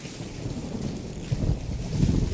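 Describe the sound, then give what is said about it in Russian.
Thunder rumbles overhead during a cucumber harvest in a deep, continuous roll, swelling louder twice toward the end, with no voices present. “При сборке урожая огурцов над головой начал грохотать гром.”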